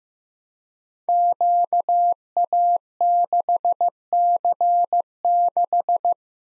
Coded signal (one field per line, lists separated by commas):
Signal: Morse code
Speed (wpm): 15 wpm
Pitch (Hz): 700 Hz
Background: none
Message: QA6C6